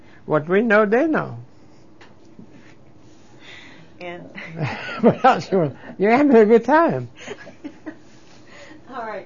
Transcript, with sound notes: What we know, they know.
And...
( they laugh ) We have a good time.
All right.